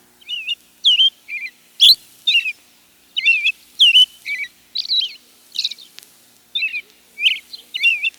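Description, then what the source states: American robin song: a string of short, clear, whistled caroling phrases with brief pauses between them. Named as a favourite bird because robins bring back the springtime.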